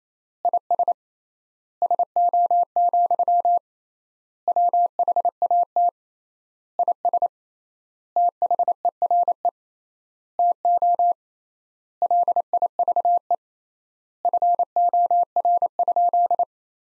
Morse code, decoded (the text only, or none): IS SO, WHAT IS THERE TO LIVE FOR?